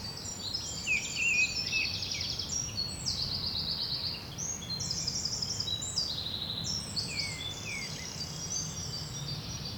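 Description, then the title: Birds in a thick chorus of fast, rattling trills and high whistled runs, constantly overlapping, with a faint low hum underneath. Bird ambience at Rue du Rossignol, Seneffe, Belgium; recorded with Sony PCM-D100 internal microphones. "Rue du Rossignol 7, 7180 Seneffe, Belgique - Birds ambience"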